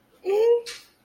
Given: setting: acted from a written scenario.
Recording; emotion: vocal sound without words; awe